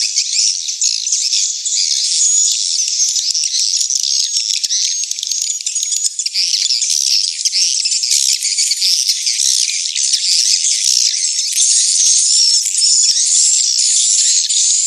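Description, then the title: Swiftlets in a thick, continuous chorus of buzzy chirps and rapid clicking twitters, with a few faint whistled notes, steady and unbroken throughout. Swiftlet house lure sounds, AKAU brand, Tien Giang, Vietnam. "Am thanh nha yen Akau Vietnam - Tien giang"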